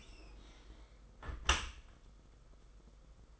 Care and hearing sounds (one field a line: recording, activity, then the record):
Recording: daily activity, microphone in the room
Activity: close dishwasher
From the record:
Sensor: 5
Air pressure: 991.5 hPa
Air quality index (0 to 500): 118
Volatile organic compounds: 39 ppm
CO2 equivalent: 3131 ppm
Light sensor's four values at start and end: 40/127/48/52 and 40/126/48/51